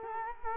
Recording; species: mosquito wingbeat signal from an infrared sensor; Culex quinquefasciatus